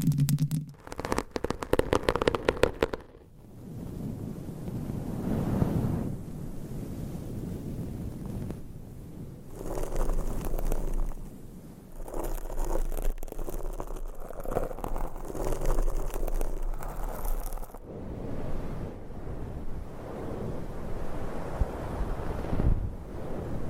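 Mic scratching and rubbing through different covers: sharp crackly bursts in the first three seconds, then softer muffled brushing with occasional rustles and thumps.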